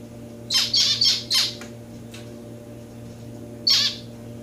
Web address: playing with my finches. lonchura striata domestica